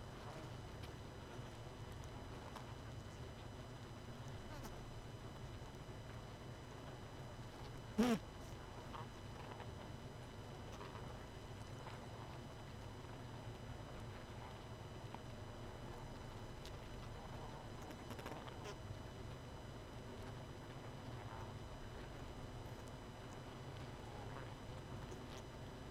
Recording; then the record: honeybee colony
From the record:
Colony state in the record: missing queen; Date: 31 May 2018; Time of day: 23:36